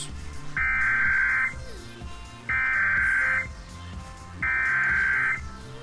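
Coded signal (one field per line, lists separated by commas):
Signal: Emergency Alert System (SAME) tones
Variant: header bursts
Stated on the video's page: Sample EAS tones for a decoding tutorial; encoding can be done with MultiMode Cocoa on Mac or a separate encoder.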